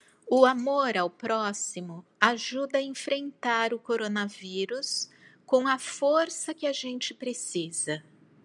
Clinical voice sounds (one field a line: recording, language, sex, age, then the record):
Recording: spoken sentence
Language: Brazilian Portuguese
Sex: female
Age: 60 to 69 years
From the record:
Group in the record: control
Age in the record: 60 years